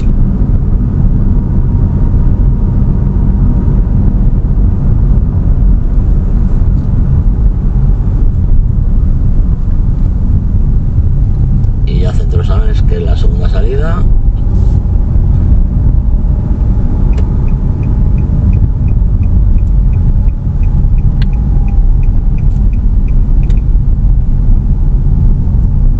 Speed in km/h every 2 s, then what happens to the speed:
39, 39, 39, 34, 30, 27, 23, 28, 31, 30, 27, 25, 26.
4-11 slows to 23. 11-26 steady at about 27.